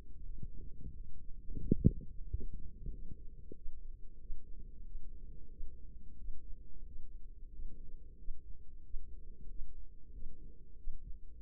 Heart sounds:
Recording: heart sounds by microphone in the right ear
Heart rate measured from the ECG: 91 bpm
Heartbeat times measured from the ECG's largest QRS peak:
0.21 s: heartbeat
0.93 s: heartbeat
1.60 s: heartbeat
2.26 s: heartbeat
2.90 s: heartbeat
3.53 s: heartbeat
4.18 s: heartbeat
4.83 s: heartbeat
5.49 s: heartbeat
6.16 s: heartbeat
6.84 s: heartbeat
7.50 s: heartbeat
8.16 s: heartbeat
8.82 s: heartbeat
9.47 s: heartbeat
10.11 s: heartbeat
10.75 s: heartbeat
11.39 s: heartbeat
From the record:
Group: healthy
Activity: rest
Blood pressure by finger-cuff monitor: 111/63 mmHg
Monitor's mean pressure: 80 mmHg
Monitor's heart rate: 91 bpm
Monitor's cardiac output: 7.8 L/min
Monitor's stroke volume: 87 mL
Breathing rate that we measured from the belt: 25 breaths a minute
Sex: female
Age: 32 years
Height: 172 cm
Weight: 71.7 kg

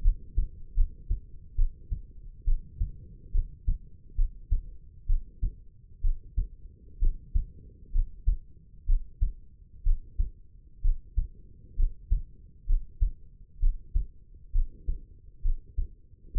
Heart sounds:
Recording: heart sounds by stethoscope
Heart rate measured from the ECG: 66 bpm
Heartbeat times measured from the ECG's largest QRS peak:
0.02 s: heartbeat
0.74 s: heartbeat
1.56 s: heartbeat
2.45 s: heartbeat
3.32 s: heartbeat
4.16 s: heartbeat
5.06 s: heartbeat
6.01 s: heartbeat
6.99 s: heartbeat
7.92 s: heartbeat
8.86 s: heartbeat
9.83 s: heartbeat
10.82 s: heartbeat
11.76 s: heartbeat
12.66 s: heartbeat
13.60 s: heartbeat
14.52 s: heartbeat
15.42 s: heartbeat
16.33 s: heartbeat
From the record:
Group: healthy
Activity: rest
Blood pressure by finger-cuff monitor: 111/71 mmHg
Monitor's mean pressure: 83 mmHg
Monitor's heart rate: 67 bpm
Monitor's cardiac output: 5.4 L/min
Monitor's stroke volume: 79 mL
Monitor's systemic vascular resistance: 1190 dyn s/cm5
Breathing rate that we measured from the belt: 14 breaths a minute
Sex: female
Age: 22 years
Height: 160 cm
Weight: 45 kg

